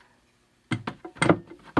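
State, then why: Not seated. A removable waste bucket is handled back into the housing of a homemade wooden compost toilet box, with the seat section lifted. After a quiet start, a series of wooden knocks and thumps begins around 0.7 s, grows louder near 1.2–1.3 s, and ends with a sharp knock at about 1.8 s. The bucket has not yet locked into place.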